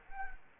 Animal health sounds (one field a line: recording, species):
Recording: mosquito wingbeat signal from an infrared sensor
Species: Anopheles arabiensis